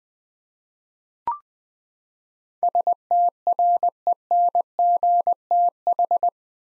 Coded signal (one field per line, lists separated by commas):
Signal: Morse code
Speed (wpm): 20 wpm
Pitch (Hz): 700 Hz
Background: none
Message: STRENGTH